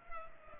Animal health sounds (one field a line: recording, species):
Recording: mosquito wingbeat signal from an infrared sensor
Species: Culex pipiens